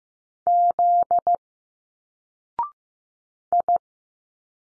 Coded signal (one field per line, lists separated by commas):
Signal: Morse code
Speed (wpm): 15 wpm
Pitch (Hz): 700 Hz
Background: none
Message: Z I